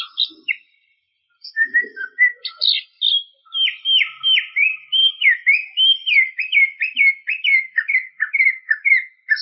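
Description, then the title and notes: Greater green leafbird delivering a long, lively sequence of varied whistles, sweeping notes and fast repeated downslurs. Champion-quality singing bird. "Kicau Burung Cucak Ijo Juara. Suara kicauan burung cucak ijo"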